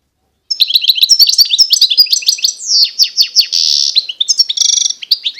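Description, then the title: European goldfinch song: one continuous rapid phrase of twittering notes, a rolling trill and a buzzy rasping section near the end. Wild bird singing. "اجمل غناءالحسون الخلويchant chardonneret sauvage"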